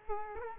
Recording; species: mosquito wingbeat signal from an infrared sensor; Culex quinquefasciatus